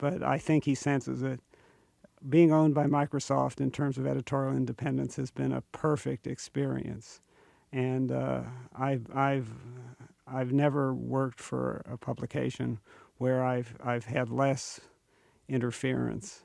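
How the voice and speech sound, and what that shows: A man speaks in a gravelly, creaky voice with repeated, drawn-out words, fitting Parkinsonian hypokinetic dysarthria. He has Parkinson's disease, diagnosed about eight years earlier, with fairly mild symptoms; the gravelly voice is the most noticeable of them.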